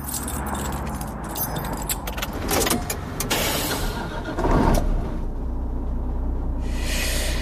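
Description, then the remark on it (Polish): A steady low truck engine rumble fills the truck's cab, with bursts of jangling keys and clicks and a mechanical whir partway through, and no talking. “Nawet z włączonym silnikiem jest tu spokojnie.”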